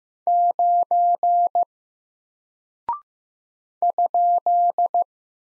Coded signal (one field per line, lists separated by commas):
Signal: Morse code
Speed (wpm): 15 wpm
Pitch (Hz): 700 Hz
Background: none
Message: 9 ?